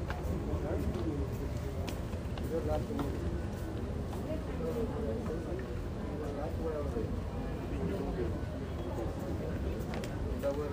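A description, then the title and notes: Many voices murmur together during a bus ride, a dense, unbroken babble of speech with no single talker standing out. Beneath it runs a steady low rumble of the vehicle, and faint clicks and knocks surface now and then across the eleven seconds. Al Nadha to Al Ghurair center walking,Bus ride,Metro ride experience.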